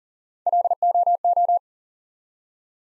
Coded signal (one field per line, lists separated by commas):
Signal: Morse code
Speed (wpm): 40 wpm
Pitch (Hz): 700 Hz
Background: none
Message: LOO